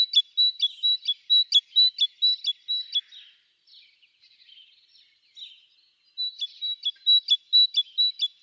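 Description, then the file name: Great tit song, a bright two-note phrase repeated quickly for about three seconds, a pause with softer notes, then the same ringing series resumes. "Parus major"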